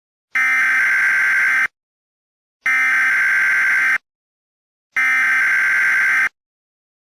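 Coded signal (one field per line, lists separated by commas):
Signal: Emergency Alert System (SAME) tones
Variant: header bursts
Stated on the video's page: Made-up EAS scenario, not a real alert.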